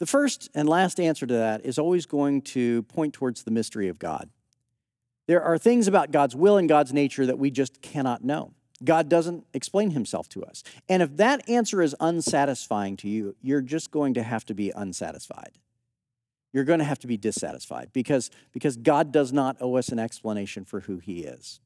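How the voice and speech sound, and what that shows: Clear, fluent adult male speech, a preacher delivering a sermon at a steady pace with natural pauses; an ordinary, healthy-sounding voice.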